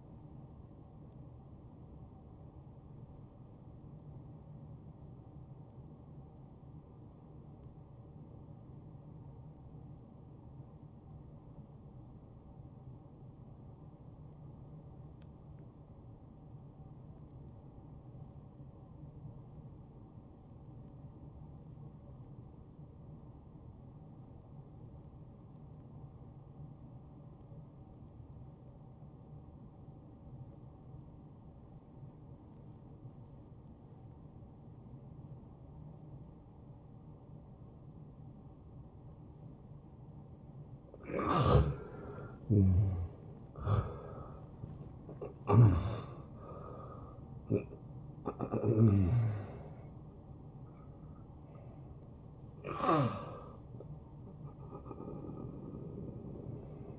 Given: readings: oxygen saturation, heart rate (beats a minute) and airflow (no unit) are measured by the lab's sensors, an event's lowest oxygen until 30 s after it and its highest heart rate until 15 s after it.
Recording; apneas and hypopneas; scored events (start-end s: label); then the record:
breathing in sleep by a smartphone at the bedside; 1
3.00-56.99 s: new sleep stage, N1 (lightest sleep)
4.00-40.40 s: obstructive apnea (N1, oxygen 96% highest, then 84% lowest, heart rate 64 at the start, 76 highest)
From the record:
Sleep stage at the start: N2 (light sleep); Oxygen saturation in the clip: 82 to 96%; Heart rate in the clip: 52 to 76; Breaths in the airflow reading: 5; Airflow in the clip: -21.6 to 10.8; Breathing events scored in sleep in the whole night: 263 in 5.5 hours asleep